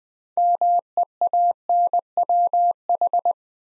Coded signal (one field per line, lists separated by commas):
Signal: Morse code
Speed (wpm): 20 wpm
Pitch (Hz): 700 Hz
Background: none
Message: MEANWH